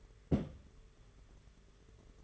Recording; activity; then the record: daily activity, microphone in the room; place on stove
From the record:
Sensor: 4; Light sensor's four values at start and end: 21/75/27/29 and 21/75/27/29